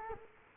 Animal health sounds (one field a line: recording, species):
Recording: mosquito wingbeat signal from an infrared sensor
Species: Culex quinquefasciatus